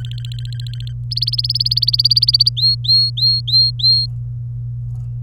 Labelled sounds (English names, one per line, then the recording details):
Domestic Canary song
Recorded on 24 April 2018 at 11:18
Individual llb3